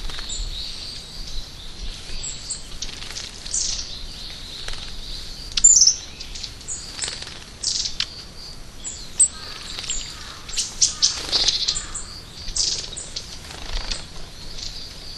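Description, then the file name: Long-tailed tit calls, very high thin notes and brief buzzy trills coming in scattered bursts, with faint background chirping throughout. "enaga"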